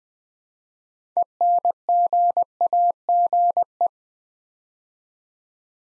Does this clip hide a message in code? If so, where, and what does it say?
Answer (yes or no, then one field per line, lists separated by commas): yes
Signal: Morse code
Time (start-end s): 1.2-3.9 s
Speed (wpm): 20 wpm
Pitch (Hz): 700 Hz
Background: none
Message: ENGAGE